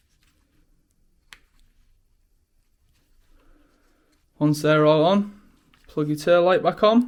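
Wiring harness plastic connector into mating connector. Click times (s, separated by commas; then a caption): 1.3 s. Matched plastic wiring connectors for a Sur-Ron Ultra Bee tail tidy harness are pushed together, giving a sharp little click at 1.3 s as the connector seats in its mating connector. Faint handling noise follows, then someone talks.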